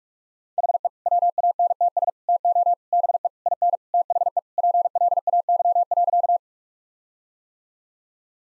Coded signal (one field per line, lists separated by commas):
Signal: Morse code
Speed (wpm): 41 wpm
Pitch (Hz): 700 Hz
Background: none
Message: HE WANTS TO BE IN THE PLAY.